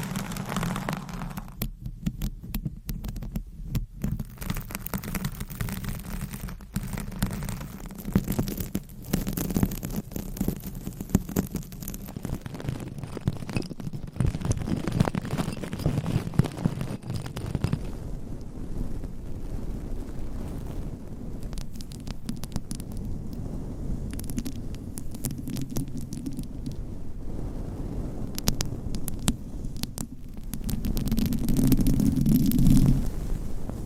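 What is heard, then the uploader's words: Shifting scratching and tapping sounds with frequent crisp clicks over a low steady rumble, growing louder and deeper near the end. Changing Triggers Every Few Seconds Scratching , Tapping , Massage & More No Talking.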